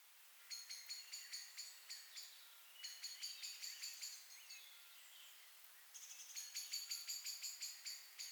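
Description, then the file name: Common blackbird repeating hard, clicking chink notes in three bursts separated by short pauses. "Turdus merula"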